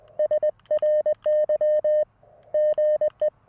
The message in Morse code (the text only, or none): SRY GE